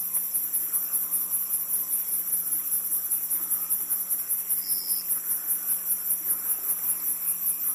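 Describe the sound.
Crickets chirping in a steady, very high-pitched pulsing chorus, with a brief thin tone midway and a faint low hum underneath.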